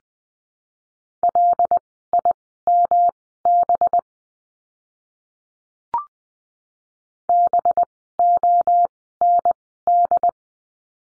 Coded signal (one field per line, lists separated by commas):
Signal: Morse code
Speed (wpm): 20 wpm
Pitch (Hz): 700 Hz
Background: none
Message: LIMB BOND